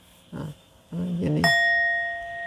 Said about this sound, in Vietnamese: Cho nên theo cái tiếng chuông này là mình dễ ngộ đạo nhất, dễ giác ngộ đó.